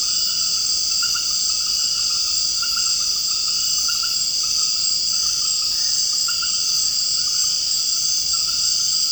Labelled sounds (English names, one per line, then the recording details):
none
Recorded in secondary vegetation near Puerto Asís, Putumayo, Colombia, on 21 March 2025 at 20:00
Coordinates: 0.502, -76.326
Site G100